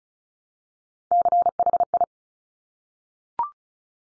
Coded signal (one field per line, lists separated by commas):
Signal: Morse code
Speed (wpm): 36 wpm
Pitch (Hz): 700 Hz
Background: none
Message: CHI